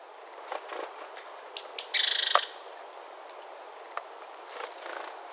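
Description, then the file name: Great tit calling once, with two piercing high notes followed by a harsh, grating churr lasting under a second, against faint clicks and rustles. "Parus major"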